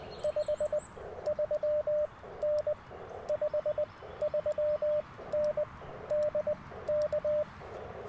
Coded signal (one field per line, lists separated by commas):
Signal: Morse code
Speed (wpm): 20 wpm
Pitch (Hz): 600 Hz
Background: radio noise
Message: 53N 53N DK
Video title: QRP CW at Tuskegee National Forest - 1/28/24